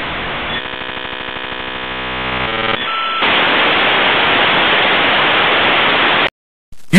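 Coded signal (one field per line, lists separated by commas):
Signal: dial-up modem handshake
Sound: buzzy tones and warbling, then steady loud hiss, silence, then a brief voice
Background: brief voice at end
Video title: AOL Dial Up Internet Connection Sound + You've Got Mail (America Online) 90's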